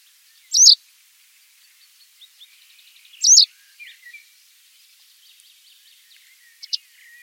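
White wagtail calls: two sharp, high, clipped notes about two and a half seconds apart, with a few softer notes around them and a shorter third call near the end.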